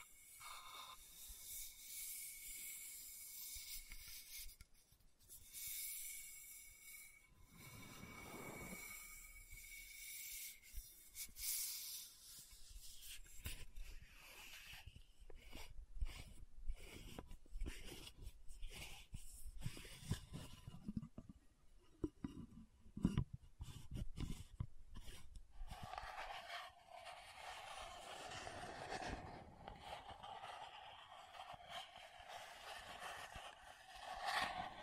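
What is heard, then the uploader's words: Scratching and tapping on a lid and bottle, with irregular clicks and taps that come in quick bursts, especially from about 14 to 25 seconds. The early part carries steady bright scraping and hiss, and the last stretch turns to a rougher, denser rubbing scrape. Lid Sounds & Bottle Tapping, Scratching. (No Talking).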